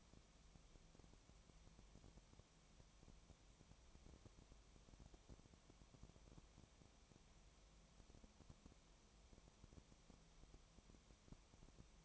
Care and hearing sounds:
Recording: daily activity, microphone in the room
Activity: no activity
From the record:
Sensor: 1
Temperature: 19.4 degrees Celsius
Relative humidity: 35.7%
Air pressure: 1003.3 hPa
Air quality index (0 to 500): 113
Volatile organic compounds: 2 ppm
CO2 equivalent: 1260 ppm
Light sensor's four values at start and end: 1/2/1/1 and 1/2/1/1

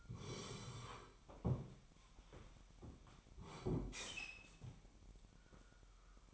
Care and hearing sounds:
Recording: daily activity, microphone in the room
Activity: sit down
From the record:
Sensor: 1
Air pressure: 998.5 hPa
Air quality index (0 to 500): 121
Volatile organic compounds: 3 ppm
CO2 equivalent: 1446 ppm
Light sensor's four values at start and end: 9/23/9/11 and 10/24/10/11

